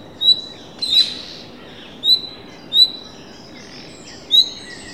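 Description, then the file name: Common nightingale giving sharp, high whistled call notes at irregular intervals, with a brief rasping sound near the start and steady background hiss. "Luscinia megarhynchos"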